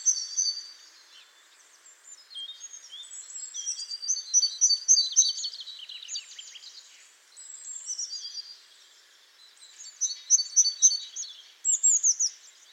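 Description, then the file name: Great tit calls: bursts of high, thin, varied notes and rapid chattering series, coming in several bouts separated by short pauses, with faint background hiss. "Parus major"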